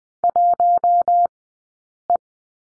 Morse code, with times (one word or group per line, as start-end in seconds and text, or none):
0.2-1.3 1
2.1-2.2 E